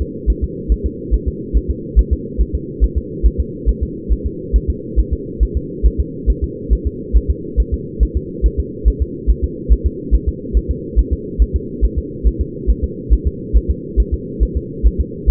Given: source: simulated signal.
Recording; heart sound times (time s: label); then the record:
fetal heart sounds
0.02 s: S2
0.30 s: S1
0.44 s: S2
0.72 s: S1
0.86 s: S2
1.14 s: S1
1.28 s: S2
1.57 s: S1
1.71 s: S2
1.99 s: S1
2.13 s: S2
2.41 s: S1
2.55 s: S2
2.84 s: S1
2.98 s: S2
3.26 s: S1
3.40 s: S2
3.69 s: S1
3.83 s: S2
4.12 s: S1
4.26 s: S2
4.56 s: S1
4.70 s: S2
4.99 s: S1
5.13 s: S2
5.43 s: S1
5.57 s: S2
5.86 s: S1
6.00 s: S2
6.30 s: S1
6.44 s: S2
6.73 s: S1
6.87 s: S2
7.17 s: S1
7.30 s: S2
7.60 s: S1
7.74 s: S2
8.03 s: S1
8.17 s: S2
8.46 s: S1
8.60 s: S2
8.88 s: S1
9.02 s: S2
9.30 s: S1
9.44 s: S2
9.72 s: S1
9.86 s: S2
10.15 s: S1
10.28 s: S2
10.57 s: S1
10.71 s: S2
10.99 s: S1
11.13 s: S2
11.42 s: S1
11.56 s: S2
11.84 s: S1
11.98 s: S2
12.27 s: S1
12.41 s: S2
12.70 s: S1
12.84 s: S2
13.13 s: S1
13.27 s: S2
13.57 s: S1
13.70 s: S2
14.00 s: S1
14.14 s: S2
14.43 s: S1
14.57 s: S2
14.87 s: S1
15.00 s: S2
15.30 s: S1
From the record:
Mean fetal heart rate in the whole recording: 140 bpm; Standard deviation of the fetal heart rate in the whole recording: 2 bpm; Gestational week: 34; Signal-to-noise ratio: -4.1 dB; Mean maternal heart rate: no maternal heart sound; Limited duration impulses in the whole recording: absent